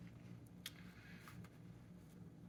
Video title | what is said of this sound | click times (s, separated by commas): Budget Build Off 2024 Week 1 | and they just kind of snap into place press into place you you'll feel a very soft | 0.7 s